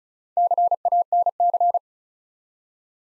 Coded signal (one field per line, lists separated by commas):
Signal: Morse code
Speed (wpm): 36 wpm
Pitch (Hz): 700 Hz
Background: none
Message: CANC